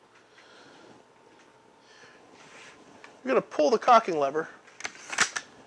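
Someone talks while the underlever cocking lever of a Browning Leverage .22 caliber spring air rifle is pulled down to cock the spring. A few short, sharp clicks follow, and the last and loudest at 5.4 s is the lever locking into its cocked position.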